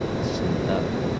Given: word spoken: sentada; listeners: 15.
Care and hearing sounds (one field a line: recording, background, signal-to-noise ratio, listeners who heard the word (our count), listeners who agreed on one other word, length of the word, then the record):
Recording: one Spanish word in noise, from a listening test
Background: speech-shaped noise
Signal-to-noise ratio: -6.0 dB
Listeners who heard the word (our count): 0 of 15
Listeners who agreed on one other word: 7 of 15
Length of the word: 0.79 s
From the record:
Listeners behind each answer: 7, 5, 1, 1, 1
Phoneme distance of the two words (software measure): 10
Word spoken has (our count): 3 syllables, 7 phonemes, stress on syllable 2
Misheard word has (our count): 3 syllables, 7 phonemes, stress on syllable 2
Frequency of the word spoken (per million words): 18.51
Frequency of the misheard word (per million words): 39.57